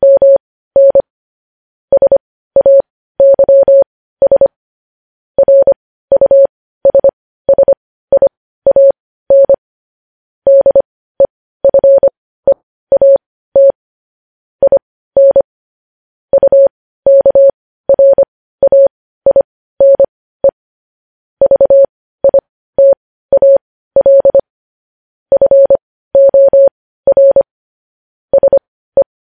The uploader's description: Morse code